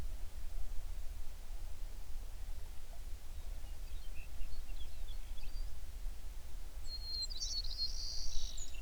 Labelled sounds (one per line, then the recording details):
songbird
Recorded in the Prudhoe Bay oil fields, Alaska, on 11 June 2019 at 04:48
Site 21